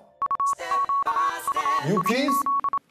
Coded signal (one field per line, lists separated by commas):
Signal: Morse code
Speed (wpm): 27 wpm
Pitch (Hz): 1110 Hz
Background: speech, music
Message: UQUIZ